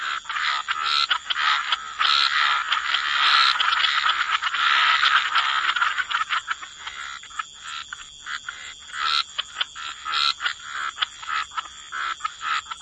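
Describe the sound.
Frogs in chorus, dense overlapping rattling croaks forming a continuous wash, thinning into separate pulsed bursts in the second half, with a steady high whine throughout.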